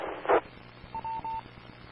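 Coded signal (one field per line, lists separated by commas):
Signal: none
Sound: a repeater's courtesy beeps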